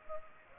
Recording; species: mosquito wingbeat signal from an infrared sensor; Culex pipiens